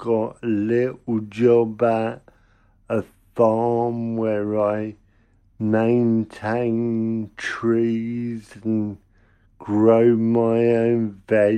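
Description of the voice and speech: Slow, effortful adult male speech with stretched vowels and mid-phrase pauses: dysarthria from cerebral palsy caused by lack of oxygen to the brain at birth.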